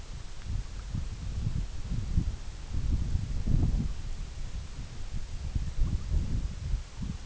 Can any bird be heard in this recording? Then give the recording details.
no. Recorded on Arctic tundra, site EABA-MC, on 21 June 2019. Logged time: 20:00